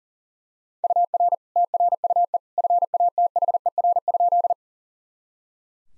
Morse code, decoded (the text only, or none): UR TRUE FATHER?